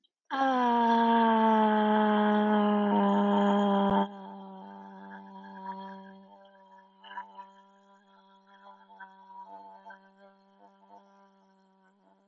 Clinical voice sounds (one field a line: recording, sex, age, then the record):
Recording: vowel held as long as possible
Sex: female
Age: 20 to 29 years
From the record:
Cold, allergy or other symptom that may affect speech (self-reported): no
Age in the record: 24 years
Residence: Washington, United States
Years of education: 16